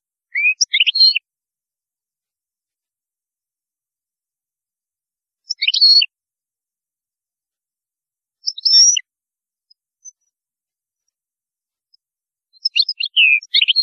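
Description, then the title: European goldfinch twittering song in short, high tinkling bursts, separated by a few seconds of silence. "Chant Chardonneret"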